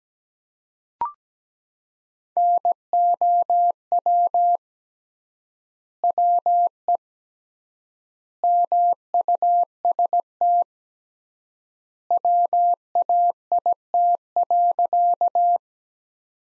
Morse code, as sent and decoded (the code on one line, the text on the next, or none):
-. --- .-- / .-- . / -- ..- ... - / .-- .- .. - .-.-.-
NOW WE MUST WAIT.